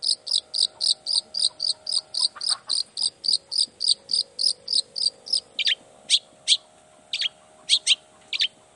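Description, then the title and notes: Long-tailed shrike song: a rapid, steady string of high ticking double notes, then slower, lower slurred notes falling in pitch. Morning singing; chatty, varied song of a long-tailed shrike, said to prompt other shrikes to answer at once and start singing their repertoire. "Cendet Gacor Dor Di Kala Pagi Toet Toet Variasi Suara. Cendet Gacor Pagi Hari Biangnya Bikin Cendet Manapun Langsung On Nyaut Buka Materi. Burung cendet"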